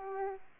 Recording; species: mosquito wingbeat signal from an infrared sensor; Aedes aegypti